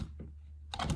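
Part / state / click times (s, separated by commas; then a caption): clock movement into clock face / not seated / none. A clock movement's shaft is pushed by hand through the hole in a wooden clock face, over a steady low hum with a faint tap near 0.2 s. Sharp, bright clattering handling sounds burst in at 0.74 s and again around 0.90 s. Nothing has seated or clicked into place yet.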